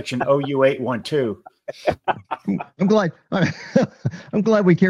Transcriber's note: laughs